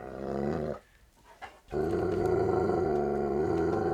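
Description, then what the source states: Dog growling, a low rough rumbling snarl held almost throughout, broken by a brief quiet gap near the start. Large dog barking with light snarling.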